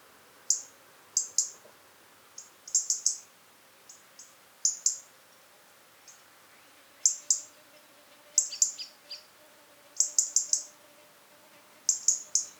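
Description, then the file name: European robin calls: crisp, high tick notes, single or in rapid doublets and triplets, spaced irregularly over a quiet background. "Erithacus rubecula"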